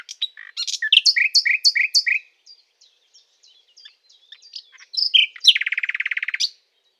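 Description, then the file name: Common nightingale song: a run of loud repeated chirps, a quiet stretch of soft scattered notes, then a fast buzzy rattling trill near the end. "Luscinia megarhynchos"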